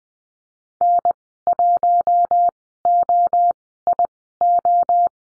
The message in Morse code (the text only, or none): N1OIO